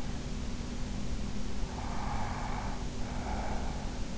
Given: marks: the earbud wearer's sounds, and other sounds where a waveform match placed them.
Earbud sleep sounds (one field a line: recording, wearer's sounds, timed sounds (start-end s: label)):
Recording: sounds in sleep by an in-ear microphone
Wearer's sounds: breath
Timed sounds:
1.59-3.86 s: breath